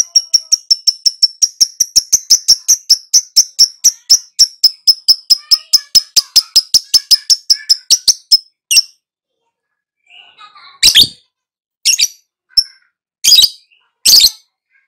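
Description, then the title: Lovebird giving a long, rapid train of high, sharp chirps, then several harsh, buzzy shrieks separated by silence. Prompt recording (pancingan) meant to get a lovebird to respond (nyaut) and sing actively (gacor). "Pancingan Lovebird Agar Nyaut GACOR."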